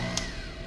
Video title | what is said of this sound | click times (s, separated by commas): Two Easy Steps to fix your flex shaft | hear that click that means that it's in | 0.2 s